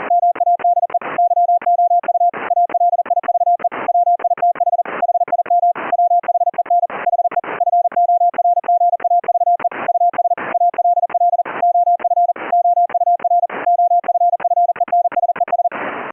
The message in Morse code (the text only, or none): MADE YOU ALIVE WITH HIM WHEN HE FORGAVE US ALL OF OUR OFFENSES